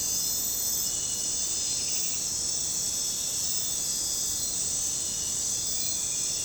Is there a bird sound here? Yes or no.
no